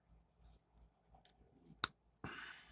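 An alternate plastic head is pushed onto an action figure's neck ball joint, with faint handling ticks around 1.3 s. A sharp click at 1.8 s marks the head snapping on and seating on the joint. From 2.2 s, a steady broadband rustling noise runs to the end.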